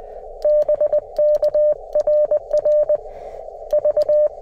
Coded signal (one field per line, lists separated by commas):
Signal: Morse code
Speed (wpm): 20 wpm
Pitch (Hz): 600 Hz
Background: none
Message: BK RR V